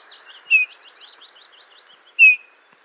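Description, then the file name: Eurasian bullfinch calls, two loud falling whistled notes with faint rapid twittering in between. "Pyrrhula pyrrhula"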